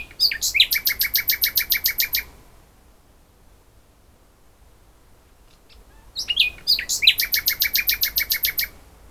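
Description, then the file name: Common nightingale song: two loud phrases of rapid, evenly repeated sharp chattering notes, separated by a quiet pause. "Luscinia megarhynchos"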